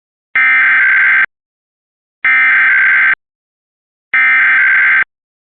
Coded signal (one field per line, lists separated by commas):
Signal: Emergency Alert System (SAME) tones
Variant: header bursts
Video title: Georgia Required Monthly Test 2/19/25 EAS #24